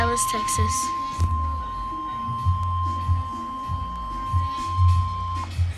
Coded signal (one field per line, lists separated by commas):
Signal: Emergency Alert System (SAME) tones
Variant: 1050 Hz attention tone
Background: speech, music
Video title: Severe Thunderstorm Warning On Station KEC56 EAS #120